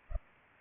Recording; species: mosquito wingbeat signal from an infrared sensor; Culex pipiens